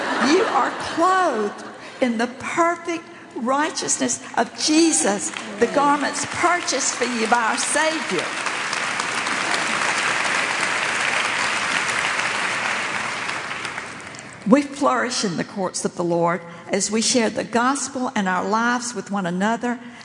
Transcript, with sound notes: You are clothed in the perfect righteousness of Jesus, the garments purchased for you by our Savior!” (applause) We flourish in the courts of the Lord as we share the gospel and our lives with one another.